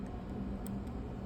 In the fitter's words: rotate it around until it lines up with the holes and snaps in place